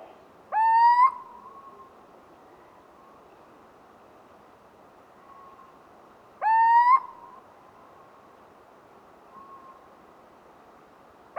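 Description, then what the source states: Little owl hooting twice, about six seconds apart, each a rising note of half a second, with faint softer calls between and a third hoot cut off at the end. Hooting emerging from two quieter call types.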